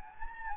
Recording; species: mosquito wingbeat signal from an infrared sensor; Anopheles gambiae